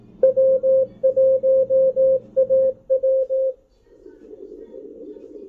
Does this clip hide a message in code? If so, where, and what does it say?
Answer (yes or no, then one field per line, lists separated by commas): yes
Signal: Morse code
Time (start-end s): 0.2-3.5 s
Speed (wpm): 18 wpm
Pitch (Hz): 530 Hz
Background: none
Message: W1AW